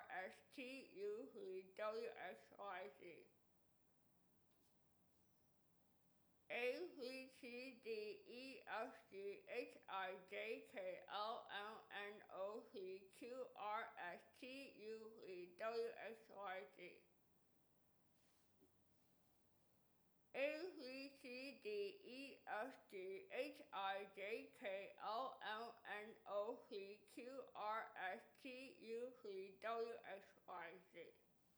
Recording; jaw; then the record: letters of the alphabet, spoken; constrained by a bite bar between the teeth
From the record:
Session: first day, right after the free take